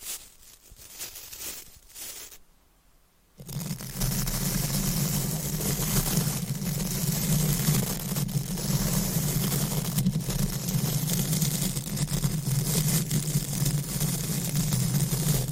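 Deep scratching and brushing against a microphone. A few soft strokes and a brief silence open the first three seconds, then a loud, continuous rubbing takes over with a heavy low rumble and a bright hiss, holding steady and dense to the end.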